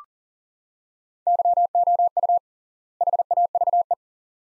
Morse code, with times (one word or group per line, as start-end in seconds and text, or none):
1.3-2.4 YOU
3.0-3.9 HAVE